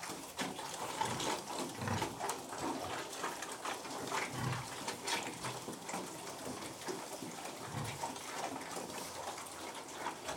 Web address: The BBC Sound Effects Library (Livestock) Pigs Feeding